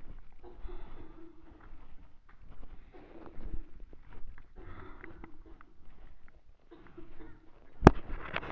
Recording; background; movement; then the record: deep breathing; a bystander coughing; walking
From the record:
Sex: male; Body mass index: 23.7 kg/m2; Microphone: on the chest, facing the body